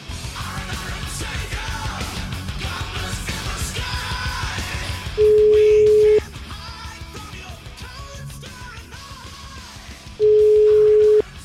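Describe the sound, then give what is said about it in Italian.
A phone line rings back twice while a call is placed to Minutillo, Fratelli d'Italia head of the province of Forlì: two loud, steady, mid-pitched tones about a second long, spaced several seconds apart over a busy bed of background music. “Cioè, ragazzi, dai, chiamiamolo, vai, chiamiamo, datemi sto numero di telefono, forza.”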